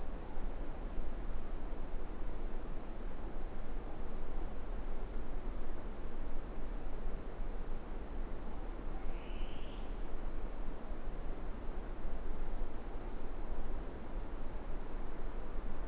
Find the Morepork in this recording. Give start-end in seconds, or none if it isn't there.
none